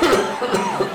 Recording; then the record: coughing mixed with background sound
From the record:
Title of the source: Mid-morning Winter Coughing Fit